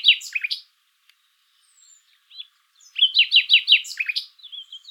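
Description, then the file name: Common nightingale song: a quick cluster of loud slurred notes, a quiet gap, then a fast run of repeated downslurred chirps trailing into softer notes. "Luscinia megarhynchos"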